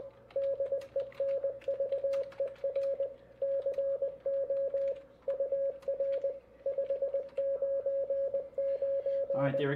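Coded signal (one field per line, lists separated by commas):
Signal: Morse code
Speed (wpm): 20 wpm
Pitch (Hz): 560 Hz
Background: speech, radio noise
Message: DENVER CO UR 599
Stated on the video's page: Sunday night CW on the 40 m band.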